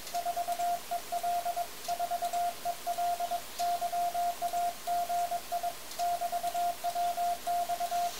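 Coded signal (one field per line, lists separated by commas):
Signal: Morse code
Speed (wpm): 21 wpm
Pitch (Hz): 700 Hz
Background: none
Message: 4EL 4EL YAGI <BT>WX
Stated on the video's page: Amateur radio CW contact with a French bug-key enthusiast, noted for excellent keying.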